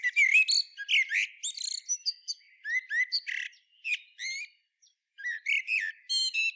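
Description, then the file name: Common blackbird delivering almost continuous high twittering, chirps, squeaks and scratchy notes, with a short pause before a final busy burst. "Turdus merula"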